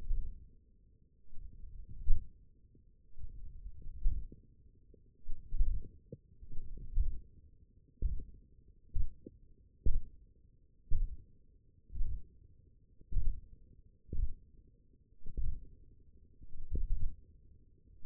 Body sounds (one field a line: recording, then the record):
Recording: forearm muscle sounds (acoustic myography)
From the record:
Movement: hand closing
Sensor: system 1, eight BSWA MPA416 microphones around the upper forearm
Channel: 4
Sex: male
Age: 20 years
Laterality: left